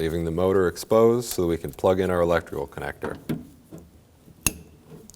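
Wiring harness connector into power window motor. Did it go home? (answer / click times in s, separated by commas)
yes / 4.5 s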